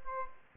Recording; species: mosquito wingbeat signal from an infrared sensor; Aedes aegypti